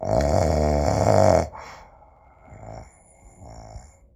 Male snore.